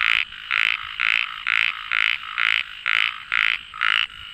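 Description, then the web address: A frog gives harsh, droning croaks in an even series of about nine bursts, each roughly a quarter second long. "frog rec 130714"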